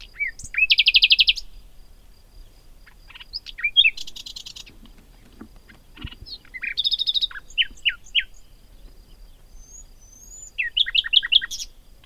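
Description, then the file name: Common nightingale song in separate varied phrases: buzzy rattles, sharp downslurred notes and rapid repeated chips, with pauses of a second or two between phrases. "Luscinia megarhynchos"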